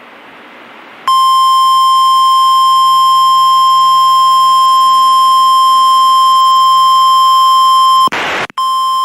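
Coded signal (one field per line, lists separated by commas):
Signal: Emergency Alert System (SAME) tones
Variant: 1050 Hz attention tone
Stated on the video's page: Real received EAS alerts for flooding.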